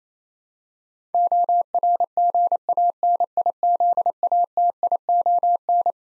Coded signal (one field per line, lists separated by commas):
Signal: Morse code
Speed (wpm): 28 wpm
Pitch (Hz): 700 Hz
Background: none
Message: ORGANIZATION